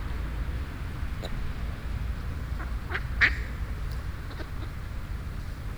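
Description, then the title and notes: Duck quacks, a few short calls around the middle with one louder quack, over a steady low rumble of traffic. Ducks on the grass and in the water, with white noise of traffic. "eenden op het gras. ducks on the grass - eenden, hoentjes op het gras. eenden en hoentjes op het gras, in het water, ruis van het verkeer. ducks on the grass and in the water, white noise of the traffic"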